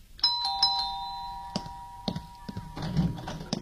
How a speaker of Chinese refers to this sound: 朱永昌刚放下电话，门铃就响了起来。